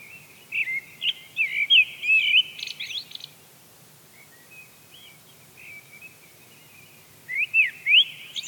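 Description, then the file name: Eurasian blackbird singing a mellow, fluted warbling phrase with higher squeaky twitters, then quieter twittering, then another phrase begins. "Turdus merula"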